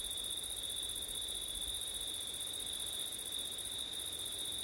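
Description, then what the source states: Steady high cricket trill with a brighter, higher band above, over soft background noise. September night, with wind; ORTF stereo microphone setup.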